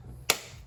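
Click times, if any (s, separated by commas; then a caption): 0.3 s. A spring-loaded plastic push-in trim clip, flat side at the bottom and angled spring side at the top, is pushed into a mounting hole in the bumper or grille during a CTS grille replacement. A single sharp snap at 0.3 s rises out of low background hum and fades quickly. The clip snaps in and is seated.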